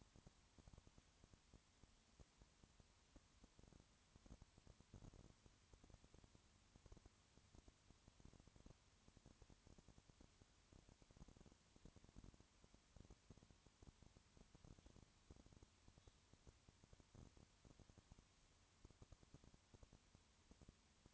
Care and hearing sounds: daily activity, microphone in the room; no activity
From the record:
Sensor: 3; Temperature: 20.5 degrees Celsius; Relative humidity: 34.6%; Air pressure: 1001.0 hPa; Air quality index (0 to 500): 195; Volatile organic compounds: 6 ppm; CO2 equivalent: 1859 ppm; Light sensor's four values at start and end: 2/3/2/2 and 2/3/2/2

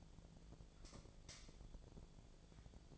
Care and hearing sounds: daily activity, microphone in the room; light off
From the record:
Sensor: 5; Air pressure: 1009.9 hPa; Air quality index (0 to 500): 160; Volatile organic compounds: 4 ppm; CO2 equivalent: 1562 ppm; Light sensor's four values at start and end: 179/453/189/203 and 178/451/188/202

